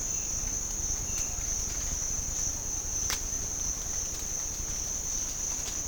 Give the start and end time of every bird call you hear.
0.03s-1.26s: bird call

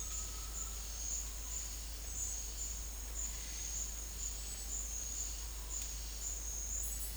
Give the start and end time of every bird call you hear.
0.00s-0.94s: bird call

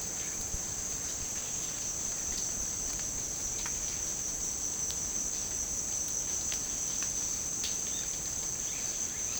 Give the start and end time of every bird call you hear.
7.84s-9.40s: bird call

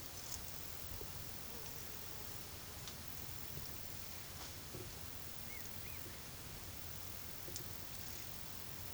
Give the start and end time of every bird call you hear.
5.43s-6.03s: bird call

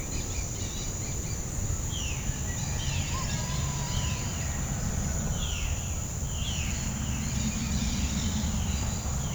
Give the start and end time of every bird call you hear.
0.04s-1.44s: bird call
1.90s-6.83s: bird call
7.19s-9.15s: bird call

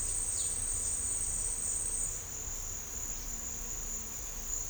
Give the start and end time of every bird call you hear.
0.26s-0.57s: bird call

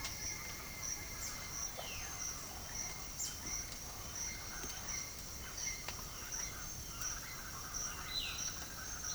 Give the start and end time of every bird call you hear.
1.72s-2.34s: bird call
2.62s-5.89s: bird call
7.92s-9.15s: bird call

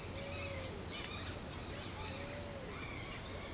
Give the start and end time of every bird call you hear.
0.00s-3.54s: bird call

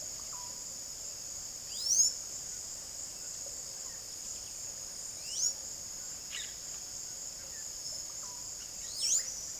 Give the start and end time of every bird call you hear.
0.00s-0.56s: bird call
1.62s-2.21s: bird call
5.21s-5.57s: bird call
6.24s-6.51s: bird call
8.89s-9.59s: bird call

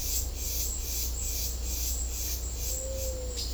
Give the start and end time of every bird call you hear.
2.71s-3.37s: bird call

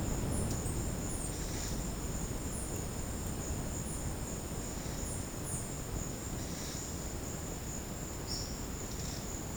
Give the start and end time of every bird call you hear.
8.24s-9.24s: bird call

